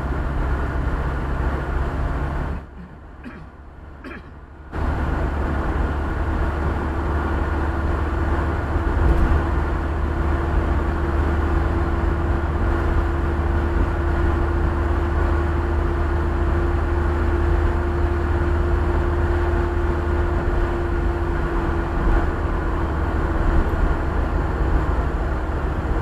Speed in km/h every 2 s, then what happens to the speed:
63, 64, 67, 69, 71, 73, 73, 74, 74, 75, 75, 74, 72.
0-9 speeds up to 73. 9-26 steady at about 74.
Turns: none.